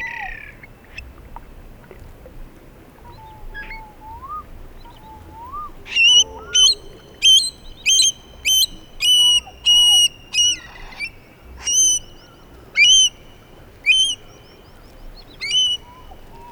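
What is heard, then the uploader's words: Birdsong in the floodplains: soft, low whistled calls drift through the first six seconds, then a louder bird takes over with short, bright, repeated notes roughly once a second until the end. A faint steady low rumble sits underneath throughout. Aural encounters in the floodplains by pablo sanz, 2023. Sound piece composed with recordings made during SONIC FUTURE RESIDENCIES organized by Asociația Jumătatea plină and SEMI SILENT at Port Cetate, Dolj county, Romania, in September 2022.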